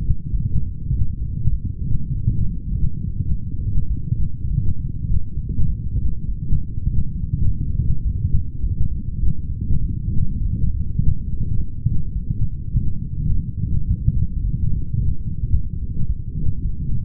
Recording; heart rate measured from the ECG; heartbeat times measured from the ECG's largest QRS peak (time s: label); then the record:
heart sounds by stethoscope; 103 bpm
0.32 s: heartbeat
0.91 s: heartbeat
1.51 s: heartbeat
2.11 s: heartbeat
2.70 s: heartbeat
3.29 s: heartbeat
3.89 s: heartbeat
4.49 s: heartbeat
5.08 s: heartbeat
5.67 s: heartbeat
6.27 s: heartbeat
6.85 s: heartbeat
7.45 s: heartbeat
8.03 s: heartbeat
8.62 s: heartbeat
9.21 s: heartbeat
9.81 s: heartbeat
10.40 s: heartbeat
10.98 s: heartbeat
11.56 s: heartbeat
12.14 s: heartbeat
12.73 s: heartbeat
13.30 s: heartbeat
13.87 s: heartbeat
14.42 s: heartbeat
14.98 s: heartbeat
15.53 s: heartbeat
16.08 s: heartbeat
16.64 s: heartbeat
From the record:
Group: healthy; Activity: light exercise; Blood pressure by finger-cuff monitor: 122/78 mmHg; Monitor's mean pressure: 93 mmHg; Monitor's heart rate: 103 bpm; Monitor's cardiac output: 7.8 L/min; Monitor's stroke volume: 76 mL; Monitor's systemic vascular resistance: 890 dyn s/cm5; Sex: female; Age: 37 years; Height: 168 cm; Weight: 70 kg